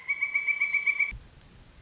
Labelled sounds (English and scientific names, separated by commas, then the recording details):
Pileated Woodpecker (Dryocopus pileatus)
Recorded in Sonoma County, California